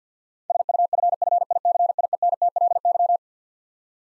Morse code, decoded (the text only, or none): SUFFICIENTLY